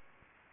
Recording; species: mosquito wingbeat signal from an infrared sensor; Aedes aegypti